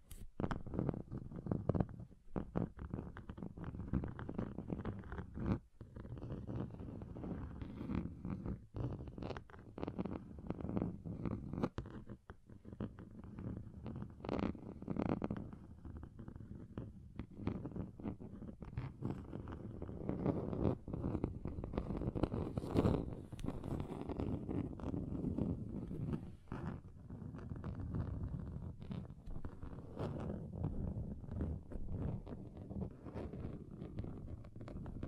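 Fingernails or an object scratch across a table, a dense, continuous low rasping that shifts in grain as the surface changes. Sharp clicks and knocks break through every few seconds, with a brighter scrape near 23 seconds. Beneath everything runs a steady rumbling texture.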